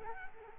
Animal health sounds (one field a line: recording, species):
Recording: mosquito wingbeat signal from an infrared sensor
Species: Culex quinquefasciatus